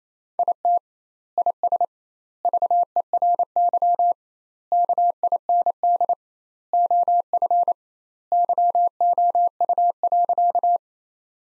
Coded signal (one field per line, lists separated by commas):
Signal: Morse code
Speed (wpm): 28 wpm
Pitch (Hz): 700 Hz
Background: none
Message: IT IS VERY KIND OF YOU.